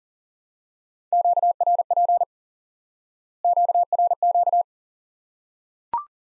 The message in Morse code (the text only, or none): QRP QRQ